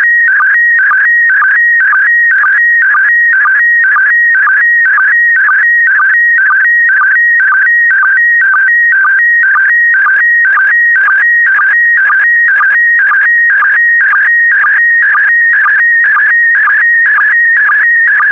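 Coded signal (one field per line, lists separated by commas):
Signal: SSTV (slow-scan television)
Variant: PD120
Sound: warbling electronic tone switching between pitches, with short low chirps about twice a second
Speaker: Starting transmission in 5, 4, 3, 2, 1. Transmission complete. You can now check your decoded image against the picture that is shown on the video.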